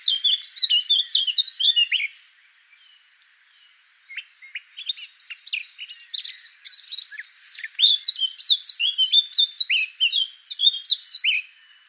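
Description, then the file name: Eurasian blackcap song: a loud warbled phrase for two seconds, a short pause, then a long run of varied chattering and fluty notes. "Sylvia atricapilla"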